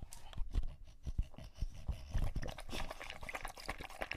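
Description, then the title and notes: English Bulldog drinking noisily, low thuddy slurps at first, then a denser run of wet splashy laps. Male English Bulldog named Lucho drinking from a water bowl after a long walk, breathing heavily and out of breath between drinks. "English Bulldog Drinks from Water Bowl - Weird Sounds. listen to Lucho the English Bulldog as he tries to drink water after a long walk. Don't let his heavy breathing fool you in between drinks, he's equally out of breath from the walk"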